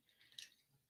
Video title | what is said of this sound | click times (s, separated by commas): October Live Stream Unboxing and Review | his front bumper, there we go, goes snapped into place like that. | 0.4 s